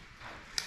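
A plastic insert piece is pressed back into a leaf spring pack and snaps into place with one sharp click at 0.6 s, over a low, quiet background. The piece is seated.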